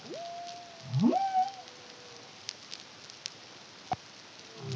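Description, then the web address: Humpback whale song units: a long steady tonal note, then a sharp rising sweep into a high tone that falls away, with scattered clicks over constant underwater hiss. Caribbean, 2023. "CARIMAM humpback whale song"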